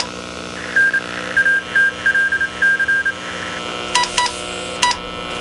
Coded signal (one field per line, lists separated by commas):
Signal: Morse code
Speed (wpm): 28 wpm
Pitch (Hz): 1600 Hz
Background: none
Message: N ATLC